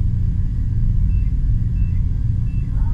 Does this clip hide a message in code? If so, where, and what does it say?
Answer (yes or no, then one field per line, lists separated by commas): no